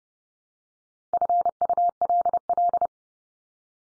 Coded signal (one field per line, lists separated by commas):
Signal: Morse code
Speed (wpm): 30 wpm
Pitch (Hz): 700 Hz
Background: none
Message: FULL